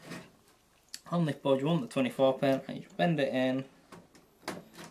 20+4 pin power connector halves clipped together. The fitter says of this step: have them both together there's a little clips by the side that just go in and clip in like so